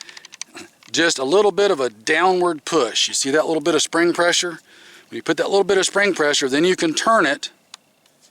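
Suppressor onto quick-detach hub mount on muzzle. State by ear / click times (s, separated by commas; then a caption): seated / 7.7 s. A suppressor is pushed down against spring pressure onto a Breek Arms Breek Lok 3QD quick-detach hub mount on a muzzle and turned. A few light taps sound at the start while someone talks throughout. A sharp click at 7.7 s marks it locking into place, seated.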